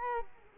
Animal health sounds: mosquito wingbeat signal from an infrared sensor; Culex quinquefasciatus

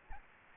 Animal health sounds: mosquito wingbeat signal from an infrared sensor; Aedes aegypti

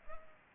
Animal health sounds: mosquito wingbeat signal from an infrared sensor; Culex pipiens

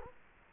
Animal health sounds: mosquito wingbeat signal from an infrared sensor; Culex quinquefasciatus

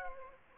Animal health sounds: mosquito wingbeat signal from an infrared sensor; Aedes aegypti

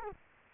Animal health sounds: mosquito wingbeat signal from an infrared sensor; Culex quinquefasciatus

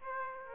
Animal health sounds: mosquito wingbeat signal from an infrared sensor; Aedes aegypti

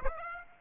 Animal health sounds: mosquito wingbeat signal from an infrared sensor; Aedes aegypti

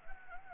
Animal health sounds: mosquito wingbeat signal from an infrared sensor; Anopheles gambiae

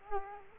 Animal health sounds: mosquito wingbeat signal from an infrared sensor; Culex quinquefasciatus

